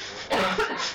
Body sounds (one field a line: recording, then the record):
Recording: coughing mixed with background sound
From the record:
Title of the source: Barking cough - # 10